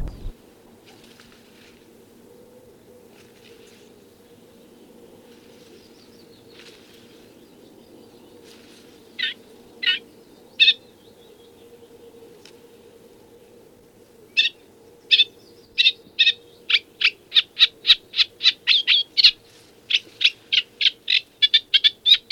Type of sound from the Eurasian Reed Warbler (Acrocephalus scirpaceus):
song